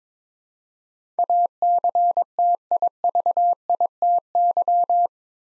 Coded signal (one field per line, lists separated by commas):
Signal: Morse code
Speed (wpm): 22 wpm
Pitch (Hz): 700 Hz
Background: none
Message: ACTIVITY